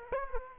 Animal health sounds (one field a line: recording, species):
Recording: mosquito wingbeat signal from an infrared sensor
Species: Aedes aegypti